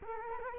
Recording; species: mosquito wingbeat signal from an infrared sensor; Culex quinquefasciatus